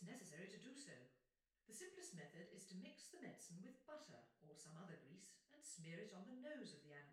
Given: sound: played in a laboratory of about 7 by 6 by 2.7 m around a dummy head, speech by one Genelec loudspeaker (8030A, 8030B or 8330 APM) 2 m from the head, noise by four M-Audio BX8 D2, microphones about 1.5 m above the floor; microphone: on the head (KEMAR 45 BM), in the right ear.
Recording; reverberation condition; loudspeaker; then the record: female speech in English; medium; 150 degrees to the left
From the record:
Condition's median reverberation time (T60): about 510 ms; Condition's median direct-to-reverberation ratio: about -0.5 dB